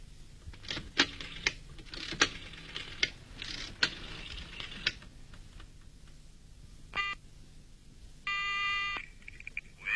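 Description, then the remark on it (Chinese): A telephone rings with two short, buzzy electronic trills, the second longer, after a run of sharp mechanical clicks and taps, for an incoming call from 803. No one speaks. “嗯，是803来电话了。”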